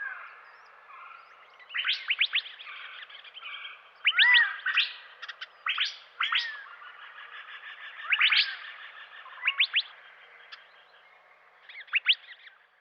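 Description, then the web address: Verdin calls: sharp, high chip notes in quick clusters of two or three, repeated every couple of seconds, over a steady buzzy chatter and a few lower slurred whistles. Recorded in western North America. "Dan Gibson Wildlife Identification By Sound, Western North America. Verdin"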